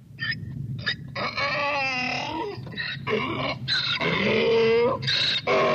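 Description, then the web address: Donkey braying, a run of harsh harmonic honks and wheezy drawn notes, broken by short gaps, for about six seconds. "voz de burro gritos de burro"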